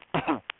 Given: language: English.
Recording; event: throat vibration sensor signal played as sound; cough